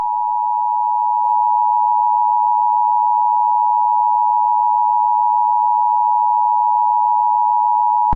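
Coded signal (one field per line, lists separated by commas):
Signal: Emergency Alert System (SAME) tones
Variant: 853 and 960 Hz attention tone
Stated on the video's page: Simulated EAS scenario about a Chinese-American war, a reupload.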